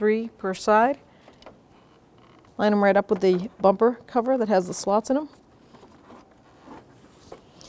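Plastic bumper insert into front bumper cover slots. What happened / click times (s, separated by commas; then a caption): Plastic trim tabs positioned, not yet snapped in / none. Someone talks while handling the plastic front bumper insert of a 2005-2021 Nissan Frontier, lining up its six bottom tabs, three per side, with the slots in the bumper cover. Between the speech there are only faint handling sounds and a few soft ticks. The insert is still being positioned before it is pushed in, and nothing has seated or clicked yet.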